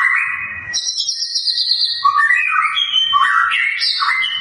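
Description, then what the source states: White-rumped shama song: a rich stream of clear whistles that step up and down, mixing long held notes with quick rising slurs. Lure sound of a vigorously singing bird, used to make other white-rumped shamas sing and respond.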